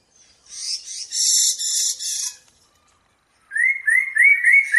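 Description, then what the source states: Bird giving a harsh, buzzy rattling phrase, then after a brief silence a quick series of clear rising whistled slurs. Birdsong used as a masteran for training songbirds.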